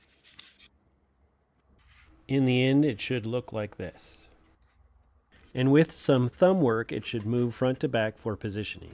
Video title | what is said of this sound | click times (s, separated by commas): Add 3D Printed Tow Hook to any SoarKraft model - Bungee Launch - Build and fly | if they're not where they should be press down until they snap in place | 0.4 s